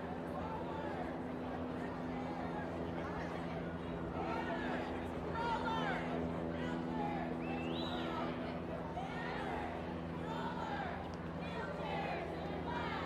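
A crowd at a women's march, with many voices talking over one another in a dense, steady babble and no single speaker standing out. A low, constant hum runs underneath, and a brief high whistle-like tone rises near the eight-second mark.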